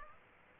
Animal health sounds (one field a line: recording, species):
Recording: mosquito wingbeat signal from an infrared sensor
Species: Aedes aegypti